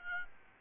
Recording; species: mosquito wingbeat signal from an infrared sensor; Aedes albopictus